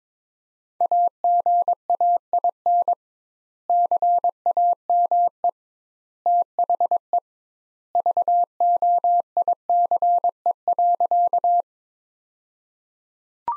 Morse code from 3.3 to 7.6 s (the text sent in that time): CAME THE